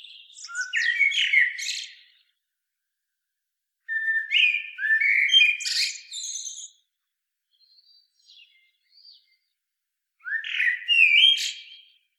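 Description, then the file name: Common blackbird delivering three separate squeaky, twittering phrases a few seconds apart, each mixing low whistles with sharp high notes, with faint soft notes between. "Turdus merula"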